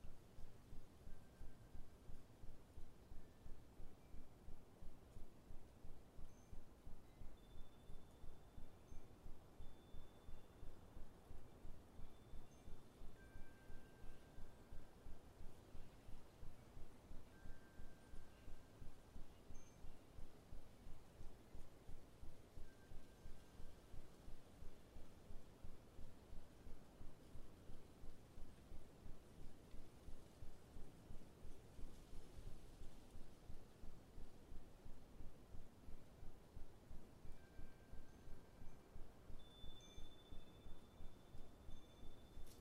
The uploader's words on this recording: Autumn Wind Chimes. Then, we leave you with the sounds of wind chimes in an autumn wind.